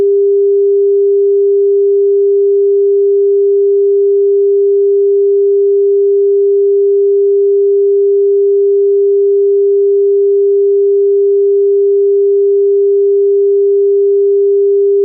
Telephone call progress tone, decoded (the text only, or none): dial tone